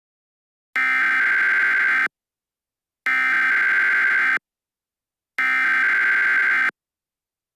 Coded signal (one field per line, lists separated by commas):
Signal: Emergency Alert System (SAME) tones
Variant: header bursts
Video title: 28-3 | An EAS Scenario